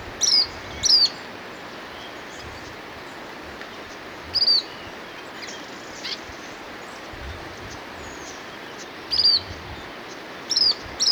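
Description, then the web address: Lemon-browed flycatcher calls: thin, high, quickly falling notes, singly and in pairs, scattered throughout over a steady hiss of background noise. Ecuador. "Natures Songs S America Birds of Ecuador. Lemon-Browed Flycatcher"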